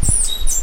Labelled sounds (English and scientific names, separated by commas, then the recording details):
Stitchbird (Notiomystis cincta) song
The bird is a male
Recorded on Tiritiri Matangi Island, New Zealand, in 2005
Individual 2, of nest box 2